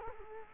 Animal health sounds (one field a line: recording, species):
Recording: mosquito wingbeat signal from an infrared sensor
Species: Culex quinquefasciatus